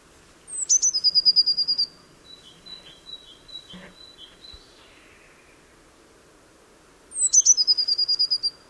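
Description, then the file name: Eurasian blue tit song: two high-pitched phrases that open with a sharp thin note and run into a rapid silvery trill, with quieter piping notes in the gap. "Cyanistes caeruleus"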